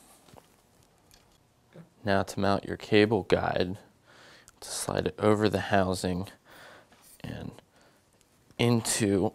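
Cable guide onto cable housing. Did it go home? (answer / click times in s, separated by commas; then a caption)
no / none. A cable guide is slid along the cable housing toward the frame knock on a MetaBikes frame, with only faint handling clicks and rustles while someone talks. Nothing has seated or clicked into place yet.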